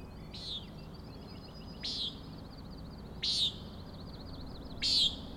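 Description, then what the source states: Common nighthawk sounding four nasal peents, about one and a half seconds apart and growing louder, over faint high trilling. Three birds flying in close formation, following each other, near a 410 ft overlook on Schoodic Head, Acadia National Park, Winter Harbor, Maine; 4am, 06/16/17; peenting and rattling noise.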